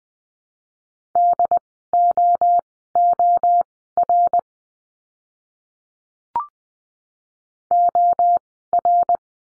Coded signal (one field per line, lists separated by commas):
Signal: Morse code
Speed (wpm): 20 wpm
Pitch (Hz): 700 Hz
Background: none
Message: DOOR OR